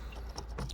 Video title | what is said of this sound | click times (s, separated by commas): my experience with a faulty w211 BCM | pushes back in and it just snaps back in place. See, it won't come back out. | 0.7 s